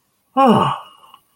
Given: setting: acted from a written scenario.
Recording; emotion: vocal sound without words; relief